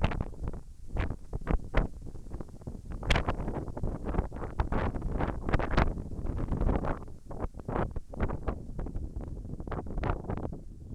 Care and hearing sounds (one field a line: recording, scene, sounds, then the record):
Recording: everyday scene through a hearing-aid microphone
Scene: wind on the microphone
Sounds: wind, whistling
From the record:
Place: in front of a rural house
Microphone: behind the ear, right, rear